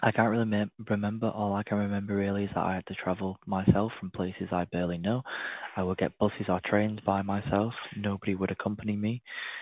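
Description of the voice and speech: A man speaks fluently in a steady, low voice, with a few short pauses as he recalls travelling alone by bus and train. The articulation and voice quality are ordinary. The sound is slightly muffled and narrow.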